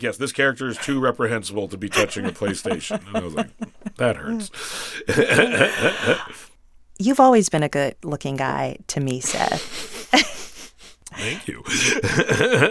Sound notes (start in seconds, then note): 1.9 laughter; 5.0 laughter